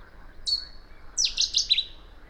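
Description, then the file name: Cetti's warbler: a single high note, then a short explosive phrase of rapid, ringing notes sweeping downward, over a faint background hiss. "Bouscarle de Cetti Cettia cetti"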